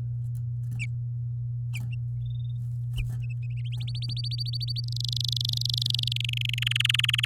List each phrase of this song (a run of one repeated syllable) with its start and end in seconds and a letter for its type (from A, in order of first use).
3.80-4.80 A, 4.84-6.13 B, 6.16-6.59 C, 6.62-6.64 D, 6.66-7.25 E